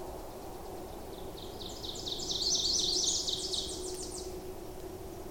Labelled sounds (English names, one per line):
Ovenbird song